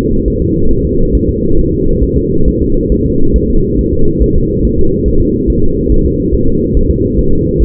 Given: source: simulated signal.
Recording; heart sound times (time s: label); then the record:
fetal heart sounds
0.28 s: S1
0.42 s: S2
0.71 s: S1
0.85 s: S2
1.15 s: S1
1.29 s: S2
1.59 s: S1
1.73 s: S2
2.03 s: S1
2.17 s: S2
2.48 s: S1
2.62 s: S2
2.92 s: S1
3.06 s: S2
3.36 s: S1
3.50 s: S2
3.79 s: S1
3.93 s: S2
4.22 s: S1
4.36 s: S2
4.65 s: S1
4.79 s: S2
5.08 s: S1
5.22 s: S2
5.50 s: S1
5.64 s: S2
5.92 s: S1
6.06 s: S2
6.35 s: S1
6.48 s: S2
6.77 s: S1
6.91 s: S2
7.19 s: S1
7.33 s: S2
7.62 s: S1
From the record:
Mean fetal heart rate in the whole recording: 140 bpm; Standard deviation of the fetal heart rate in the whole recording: 2 bpm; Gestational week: 34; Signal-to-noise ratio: -17.7 dB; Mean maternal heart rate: 72 bpm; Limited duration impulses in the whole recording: present